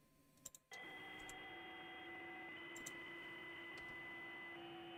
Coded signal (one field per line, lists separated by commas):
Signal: PSK63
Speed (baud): 62.5 baud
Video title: M0KNM - RSGB 3.5MHz Club Championship Data Contests Livestream 11/02/26